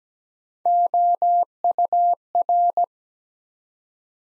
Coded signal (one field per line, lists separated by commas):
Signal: Morse code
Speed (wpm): 17 wpm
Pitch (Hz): 700 Hz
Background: none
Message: OUR